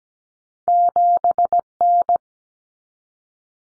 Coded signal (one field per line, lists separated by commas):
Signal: Morse code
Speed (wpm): 17 wpm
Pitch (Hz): 700 Hz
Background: none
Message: 7N